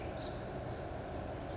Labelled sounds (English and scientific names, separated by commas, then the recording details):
California Towhee (Melozone crissalis)
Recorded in Sonoma County, California